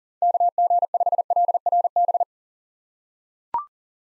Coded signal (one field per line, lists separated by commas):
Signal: Morse code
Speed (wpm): 40 wpm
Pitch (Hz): 700 Hz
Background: none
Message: KG5LRB